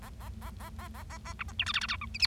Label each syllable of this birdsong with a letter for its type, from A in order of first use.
A A A A A A A A B C D E F F G H I J